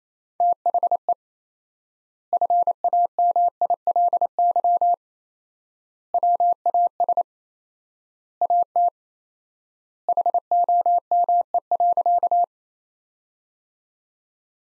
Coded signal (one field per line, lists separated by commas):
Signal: Morse code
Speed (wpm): 28 wpm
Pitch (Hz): 700 Hz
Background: none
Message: THE FAMILY WAS AT HOME.